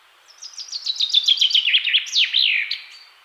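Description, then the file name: Common chaffinch delivering its rattling descending phrase of rapid notes, finishing with a clear downward-swooping flourish. "Fringilla coelebs"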